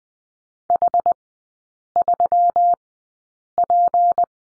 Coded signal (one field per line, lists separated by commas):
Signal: Morse code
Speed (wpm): 20 wpm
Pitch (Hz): 700 Hz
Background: none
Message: H3P